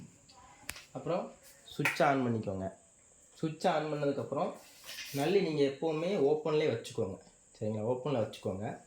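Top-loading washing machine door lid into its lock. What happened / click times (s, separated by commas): The appliance lid latched shut / 0.7 s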